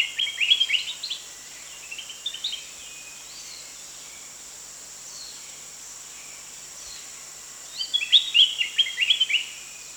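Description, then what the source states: Spectacled bulbul giving bursts of rapid, warbled chirping notes, one at the start, a short one soon after and another near the end, with faint calls between and a constant high drone. Recorded at Danum on 1 January 2008.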